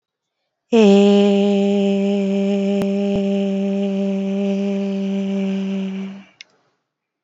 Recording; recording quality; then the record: sustained vowel as in made; excellent, no background noise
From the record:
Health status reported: COVID-19 positive, moderate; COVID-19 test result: positive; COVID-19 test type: RT-PCR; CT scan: not taken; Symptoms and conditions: fever, fatigue, loss of smell and taste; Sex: female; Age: 21 years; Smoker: no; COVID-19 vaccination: both doses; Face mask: not worn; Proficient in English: yes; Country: India